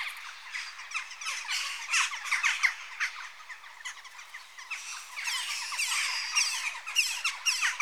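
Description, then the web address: Western jackdaws giving rapid, squeaky, harsh calls, several birds overlapping in quick irregular bursts with a busier passage in the second half. Adult birds. "BBC Sound Effects Library Birds Jackdaw (Corvus Monedula) Adults"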